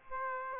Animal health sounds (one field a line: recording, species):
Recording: mosquito wingbeat signal from an infrared sensor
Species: Aedes aegypti